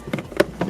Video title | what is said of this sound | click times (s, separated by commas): Tech Tip - How to Install VLine VL2 CarPlay® Android Auto® System in the Glove Box - Acura Honda | make sure all of our wires are in that slot and it locks in place and then from there we're going to use some | 0.4 s